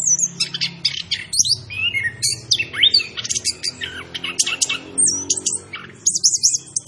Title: Anis Kembang Gacor. Suara Anis Kembang Macan